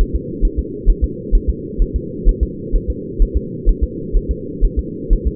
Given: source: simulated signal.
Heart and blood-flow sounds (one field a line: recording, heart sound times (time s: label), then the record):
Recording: fetal heart sounds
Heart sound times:
0.01 s: S1
0.16 s: S2
0.45 s: S1
0.59 s: S2
0.90 s: S1
1.04 s: S2
1.35 s: S1
1.50 s: S2
1.82 s: S1
1.96 s: S2
2.29 s: S1
2.43 s: S2
2.76 s: S1
2.90 s: S2
3.22 s: S1
3.37 s: S2
3.69 s: S1
3.84 s: S2
4.17 s: S1
4.31 s: S2
4.64 s: S1
4.79 s: S2
5.13 s: S1
5.27 s: S2
From the record:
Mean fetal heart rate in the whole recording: 130 bpm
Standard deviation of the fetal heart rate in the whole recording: 4 bpm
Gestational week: 38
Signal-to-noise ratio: -4.1 dB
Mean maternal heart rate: no maternal heart sound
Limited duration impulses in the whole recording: absent